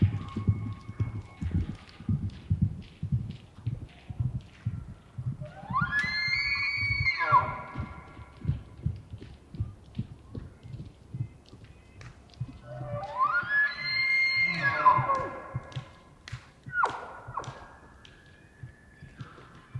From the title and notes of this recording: It was rutting season in the Colockum Wildlife area. These are raw tracks, down-mixed to stereo (from double-m/s), normalized to -23 LUFS and down-sampled to 48k with no other filtering. Elk, mostly bulls bugling, screaming, roaring, whistling, and chirping.